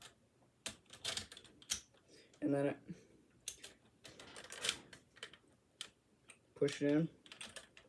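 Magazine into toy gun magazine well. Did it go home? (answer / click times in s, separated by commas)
no / none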